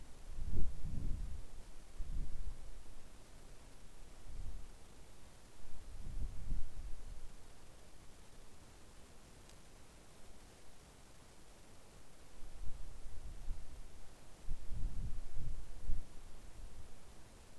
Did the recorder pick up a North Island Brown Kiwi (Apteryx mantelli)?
no